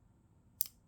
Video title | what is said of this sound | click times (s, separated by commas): How does an out the front auto knife work? | I don't even know if you can hear that. A little click there. | 0.6 s